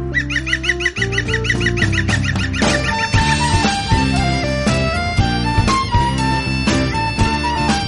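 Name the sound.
bird call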